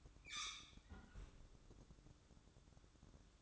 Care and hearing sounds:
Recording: daily activity, microphone in the room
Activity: close fridge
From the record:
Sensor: 3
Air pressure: 1007.7 hPa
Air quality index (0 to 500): 65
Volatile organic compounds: 1 ppm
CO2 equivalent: 626 ppm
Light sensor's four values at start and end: 13/30/13/13 and 13/30/13/13

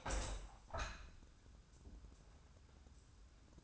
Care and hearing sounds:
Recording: daily activity, microphone in the room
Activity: open window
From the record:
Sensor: 2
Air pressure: 1000.3 hPa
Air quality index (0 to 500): 132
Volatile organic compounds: 2 ppm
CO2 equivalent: 1100 ppm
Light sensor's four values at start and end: 11/31/12/14 and 12/32/13/15

